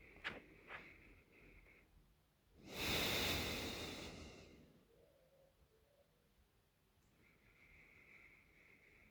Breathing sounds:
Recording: nose breathing near a microphone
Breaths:
0.00-2.51 s: inhalation
2.51-4.80 s: exhalation
6.87-9.11 s: inhalation
From the record:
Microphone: phone

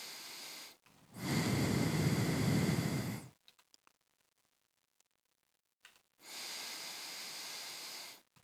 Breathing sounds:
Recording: nose breathing near a microphone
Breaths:
0.00-0.84 s: inhalation
0.84-3.44 s: exhalation
5.84-8.24 s: inhalation
8.24-8.44 s: exhalation
From the record:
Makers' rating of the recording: medium

